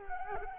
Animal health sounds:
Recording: mosquito wingbeat signal from an infrared sensor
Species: Culex quinquefasciatus

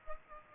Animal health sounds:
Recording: mosquito wingbeat signal from an infrared sensor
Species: Culex pipiens

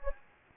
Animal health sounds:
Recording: mosquito wingbeat signal from an infrared sensor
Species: Anopheles gambiae

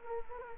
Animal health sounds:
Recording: mosquito wingbeat signal from an infrared sensor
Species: Culex quinquefasciatus

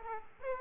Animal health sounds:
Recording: mosquito wingbeat signal from an infrared sensor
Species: Aedes aegypti

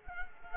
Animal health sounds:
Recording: mosquito wingbeat signal from an infrared sensor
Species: Culex quinquefasciatus

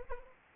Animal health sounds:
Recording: mosquito wingbeat signal from an infrared sensor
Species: Anopheles arabiensis

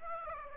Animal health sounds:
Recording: mosquito wingbeat signal from an infrared sensor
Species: Aedes aegypti

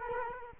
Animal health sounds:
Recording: mosquito wingbeat signal from an infrared sensor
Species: Culex quinquefasciatus

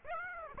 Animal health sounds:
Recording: mosquito wingbeat signal from an infrared sensor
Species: Aedes aegypti

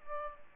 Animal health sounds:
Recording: mosquito wingbeat signal from an infrared sensor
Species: Aedes aegypti

